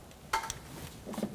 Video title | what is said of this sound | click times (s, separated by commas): How To Replace Throttle Position Sensor 1997-2004 Dodge Dakota | push it until it clicks | 0.3 s